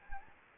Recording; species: mosquito wingbeat signal from an infrared sensor; Anopheles gambiae